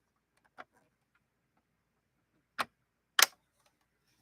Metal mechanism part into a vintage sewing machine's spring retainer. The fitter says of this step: kind of clicks down and locks into place